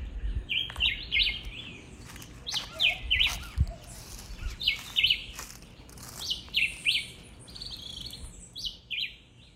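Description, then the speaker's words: Black-whiskered Vireo song: short chirped phrases repeated in quick succession over soft background noise. Song heard in a community forest as people began listening to it with intention; arrives around February; locally called Julián Chiví; a threatened species. "por mirar y escuchar con intención al bosque, y así fue como escucharon el canto del Julián Chiví."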